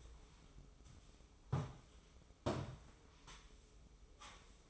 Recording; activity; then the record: daily activity, microphone in the room; sweep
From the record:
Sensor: 1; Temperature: 24.1 degrees Celsius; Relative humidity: 31.5%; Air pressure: 995.9 hPa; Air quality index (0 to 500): 67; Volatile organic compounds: 3 ppm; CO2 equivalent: 1360 ppm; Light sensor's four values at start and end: 30/104/40/42 and 30/104/40/42